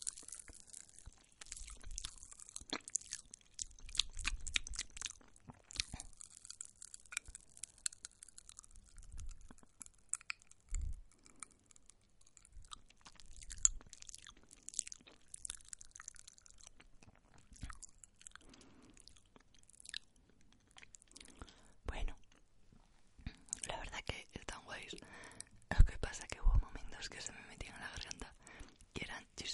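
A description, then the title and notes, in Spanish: A woman makes mouth sounds, wet clicks and chewing-like crunches in quick irregular bursts, growing busier and denser near the end. 5 Mouth Sounds Para Dormir. Relajantes sonidos con la boca de mujer sensual.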